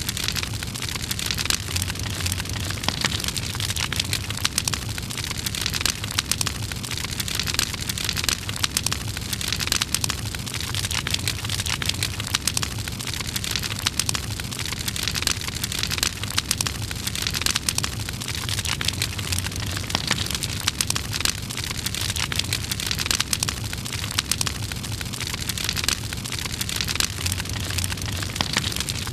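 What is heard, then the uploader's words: A blazing campfire crackles steadily throughout, with dense, rapid pops and snaps scattered over a constant bright hiss. A low rumble of roaring flame sits underneath, and the level stays even from start to finish with no pauses or other sounds. Blazing Campfire. A blazing, crackling campfire.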